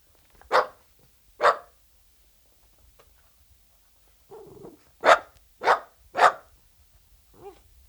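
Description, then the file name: Dachshund barking, two sharp single barks then a low growl-like sound followed by three quick barks and a faint whine at the end. "Het blaffen van een teckel - Sound Cloud - Beeld en Geluid"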